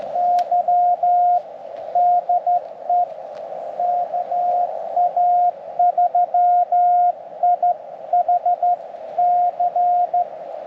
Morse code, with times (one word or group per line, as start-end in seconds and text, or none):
0.2-1.4 Y
2.0-3.0 DE
3.8-10.2 KA3IHC